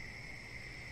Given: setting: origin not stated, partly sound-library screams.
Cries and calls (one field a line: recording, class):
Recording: one-second piece from a danger detection set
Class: normal situation